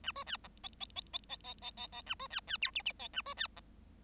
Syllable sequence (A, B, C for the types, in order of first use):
A B C D E E E E E E E E E A B C C F G G E A B C D